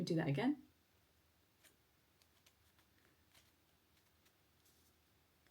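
Someone talks briefly as a retaining ring is pushed back over the refill cartridge in a plastic deodorant case and twisted to lock it. This is followed by a quiet stretch with faint ticks around 2.2 and 2.5 seconds. The ring does not lock, nothing has clicked into place yet, and the attempt is to be repeated.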